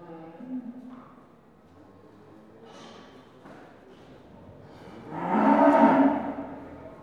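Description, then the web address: Cattle calls: soft grunts and snorts scattered early, then one loud, broad bellow lasting over a second near the end. Cattle in pens at a market. "BBC Sound Effects Library Livestock Cattle In Pens At Market"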